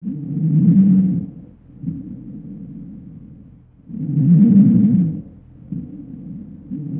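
Two breath cycles in seven seconds, about 15 breaths a minute. Each has a loud, low, harsh, roaring tone, with a quieter noisy phase between. This is stridor in an adult, heard on auscultation: noisy breathing caused by a narrowed upper airway at the larynx or trachea.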